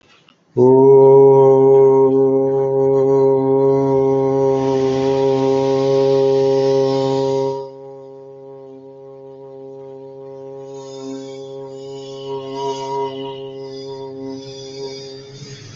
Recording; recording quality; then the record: sustained vowel as in boot; excellent, no background noise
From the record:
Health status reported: healthy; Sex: male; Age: 25 years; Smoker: no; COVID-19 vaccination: one dose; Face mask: not worn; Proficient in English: yes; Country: India